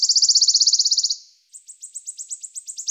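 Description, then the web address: Wood warbler trill: about a second of rapid, high, shivering notes that fade out, then a brief pause and a new series of sharp, high, descending notes repeated several times per second. "Phylloscopus sibilatrix"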